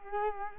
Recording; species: mosquito wingbeat signal from an infrared sensor; Culex quinquefasciatus